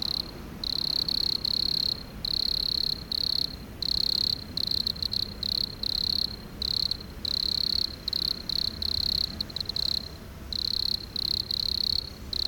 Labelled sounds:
Wood Cricket stridulation
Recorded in the wild
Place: Gößweinstein, Fränkische Schweiz, Bayern, DE
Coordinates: 49.72, 11.07
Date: 1995-09-04 15:35
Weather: bedeckt, z.T. Regen, ca. 16°C
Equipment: Nagra SN, Sennheiser ME 80, Kopie Uher 4000 Report Monitor
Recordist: Tembrock, Günter

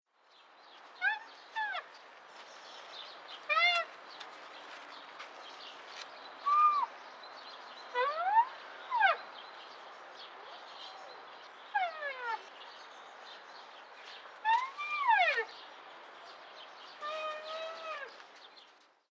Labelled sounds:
White Rhinoceros
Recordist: Tembrock, Günter
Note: Langlaute eines Weibchens

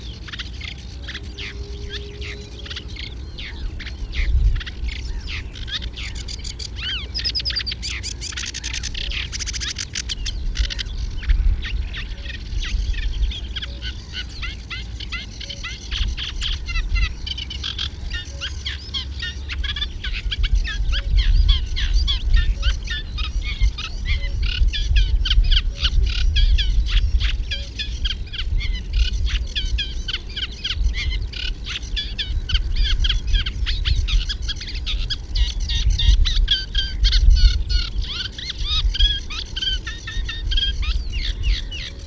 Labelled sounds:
Sedge Warbler song
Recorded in the wild
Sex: male
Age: adult
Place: Elblag, Warminsko-Mazurskie, PL
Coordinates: 54.1, 19.4833
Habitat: lake
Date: 1966-05-13
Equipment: Nagra III BH
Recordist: Schubert, Michael

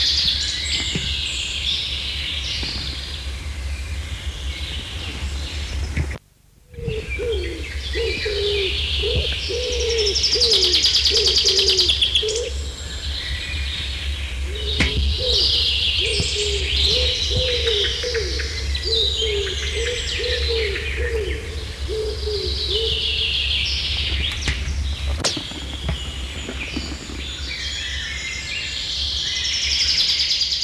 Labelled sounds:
Common Wood Pigeon song
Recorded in the wild
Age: adult
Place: Lauterbach/Goor, Insel Rügen, Mecklenburg-Vorpommern, DE
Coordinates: 54.3428, 13.5133
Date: 1979-06-23 10:30
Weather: overcast, 18°C
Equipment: ITT Schaub-Lorenz Studio Recorder 72, Verstärker, MD 421 HL, Reflektor, Kopie Uher 4200 Report
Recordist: Tembrock, Günter

